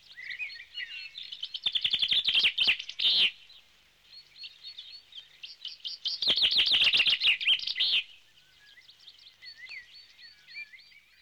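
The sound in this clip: Finch song: continuous high twittering with two loud bursts of rapid, buzzy notes, soft chatter between them.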